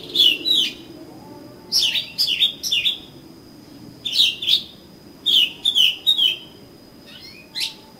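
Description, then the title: Oriental magpie-robin song: bright paired and tripled whistled notes dropping in pitch, delivered in bursts separated by brief silences. "Kacer Kacer"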